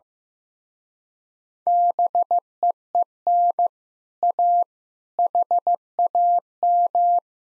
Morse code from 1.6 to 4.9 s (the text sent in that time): BEEN A